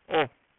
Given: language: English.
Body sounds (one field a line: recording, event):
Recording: throat vibration sensor signal played as sound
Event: speech